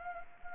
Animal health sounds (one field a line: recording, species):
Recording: mosquito wingbeat signal from an infrared sensor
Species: Anopheles gambiae